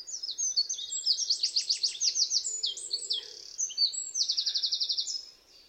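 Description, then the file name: Eurasian wren pouring out a fast, shrill song of rattling trills and bright notes that fades at the very end. "Troglodytes troglodytes"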